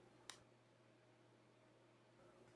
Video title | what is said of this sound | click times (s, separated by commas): How to Install a P3 Gauge in a BMW 3 Series | finally the vent can be snapped into place on the trim panel | 0.3 s